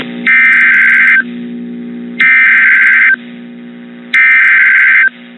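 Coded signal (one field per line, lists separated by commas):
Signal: Emergency Alert System (SAME) tones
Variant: header bursts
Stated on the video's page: Real storm EAS alerts.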